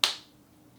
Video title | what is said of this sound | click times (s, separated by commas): Budget & Haul - February 2022 | you heard it snap in place then i can take this cap off here | 0.0 s